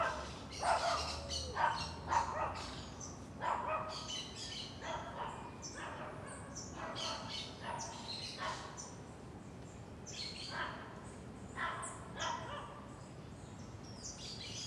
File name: Cachorros Pequenos Latindo e Passando em Quadra Residencial da Asa Norte